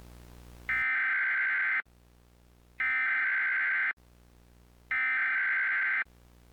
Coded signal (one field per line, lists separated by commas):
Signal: Emergency Alert System (SAME) tones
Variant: header bursts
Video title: EAS Mock: Midnight Tornado Warning